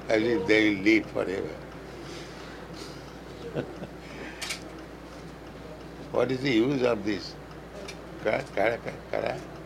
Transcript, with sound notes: as if they will live forever. [chuckles] What is the use of this kar...? Kara?
Karate.